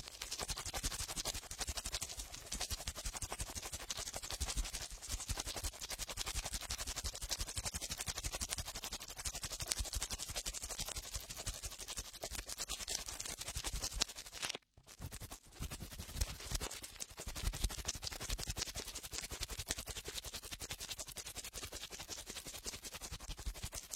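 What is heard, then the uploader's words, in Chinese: Cotton swabs cleaning inside an ear make a dense, steady scratching and rustling, crackling bright and fast throughout. Near the fifteen-second mark the sound cuts out for an instant before the scratching resumes at the same busy pace to the end. 棉棒清理你耳朵里的脏东西。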